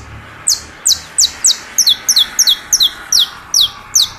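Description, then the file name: Saffron finch song: a long series of sharp, high chirps, some single and some doubled, repeated rapidly about three per second. "Canto-do-Canário-da-Terra"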